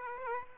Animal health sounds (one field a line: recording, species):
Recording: mosquito wingbeat signal from an infrared sensor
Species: Aedes aegypti